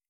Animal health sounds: hydrophone in a shrimp aquaculture tank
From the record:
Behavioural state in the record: normal

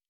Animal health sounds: hydrophone in a shrimp aquaculture tank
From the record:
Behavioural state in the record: normal

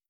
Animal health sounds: hydrophone in a shrimp aquaculture tank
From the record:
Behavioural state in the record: starved

